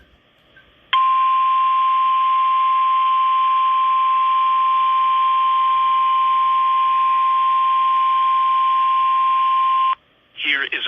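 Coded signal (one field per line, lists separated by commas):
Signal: Emergency Alert System (SAME) tones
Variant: 1050 Hz attention tone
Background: speech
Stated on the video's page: Double winter storm warning alerts from a NOAA Weather Radio station, with background noise from setting up a telephone.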